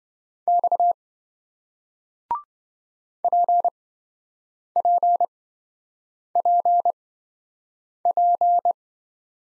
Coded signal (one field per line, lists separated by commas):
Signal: Morse code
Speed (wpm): 27 wpm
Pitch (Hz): 700 Hz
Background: none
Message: X PPPP